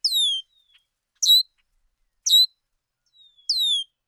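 Bird chirping in four notes, two short bright chirps between two longer falling whistles, about one note per second.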